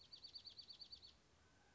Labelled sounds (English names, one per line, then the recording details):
Dark-eyed Junco
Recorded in Sonoma County, California